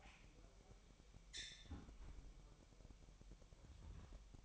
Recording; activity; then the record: daily activity, microphone in the room; close fridge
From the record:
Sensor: 1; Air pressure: 1002.0 hPa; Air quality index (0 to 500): 245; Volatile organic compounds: 50 ppm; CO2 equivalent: 3300 ppm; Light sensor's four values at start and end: 8/27/10/11 and 8/27/10/11